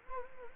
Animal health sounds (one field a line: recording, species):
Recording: mosquito wingbeat signal from an infrared sensor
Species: Anopheles gambiae